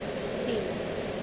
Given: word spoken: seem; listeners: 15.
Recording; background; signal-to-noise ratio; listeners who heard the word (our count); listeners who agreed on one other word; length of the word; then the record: one English word in noise, from a listening test; speech-shaped noise; -5.3 dB; 4 of 15; 6 of 15; 0.83 s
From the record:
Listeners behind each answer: 6, 4, 3, 2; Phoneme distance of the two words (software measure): 7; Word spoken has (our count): 1 syllable, 3 phonemes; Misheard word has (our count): 1 syllable, 2 phonemes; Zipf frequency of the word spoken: 5.13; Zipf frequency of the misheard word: 5.20